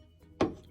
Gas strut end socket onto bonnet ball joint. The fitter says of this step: So what you want to do is place it on the ball, push down until you feel it click, and then